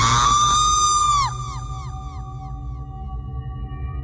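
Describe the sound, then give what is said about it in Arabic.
A girl lets out a loud, piercing scream held for about a second, then it breaks into a string of falling, echoing repeats that fade away over a low rumbling drone. “كانت صرخة بنت.”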